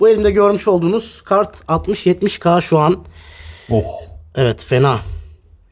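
A large graphics card is being handled before it is pushed into the motherboard's PCIe x16 slot, while someone talks throughout. The card has not seated or clicked into the slot yet.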